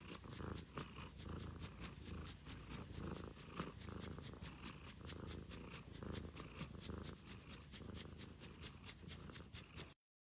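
Cat purring, a low, steady rhythmic rumble that continues without pause for about ten seconds, then stops abruptly.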